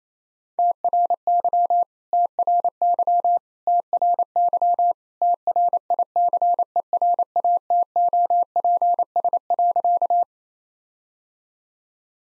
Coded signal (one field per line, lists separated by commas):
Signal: Morse code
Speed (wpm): 28 wpm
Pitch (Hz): 700 Hz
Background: none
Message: TRY TRY TRY TRICERATOPS.